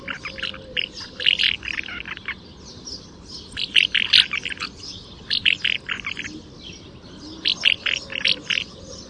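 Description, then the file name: Common house martin twittering, bursts of short dry chirps and buzzy notes in loose clusters, over steady low background noise. "Balestruccio"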